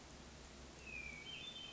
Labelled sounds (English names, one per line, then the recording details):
Hermit Thrush
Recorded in Sonoma County, California